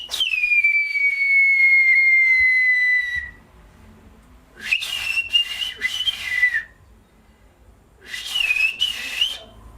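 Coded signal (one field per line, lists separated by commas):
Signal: whistled language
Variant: Turkish kuş dili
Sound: three loud whistled phrases, first long and falling, then two shorter gliding calls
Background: outdoor ambience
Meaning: Come here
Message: Buraya gel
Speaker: gel. Biraz dişlerim çıkık ya. Evet. Bak. Gence buraya gel dedim. Gence buraya geldi.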